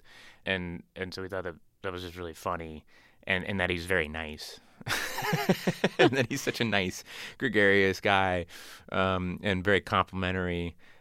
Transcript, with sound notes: And so we thought that that was just really funny in that he's very nice.
(LAUGHTER)
And that he's such a nice, gregarious guy and very complimentary.